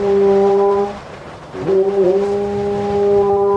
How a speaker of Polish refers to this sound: Przywitał ją niski dźwięk rogu na pierwszej bramie.